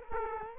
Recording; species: mosquito wingbeat signal from an infrared sensor; Culex quinquefasciatus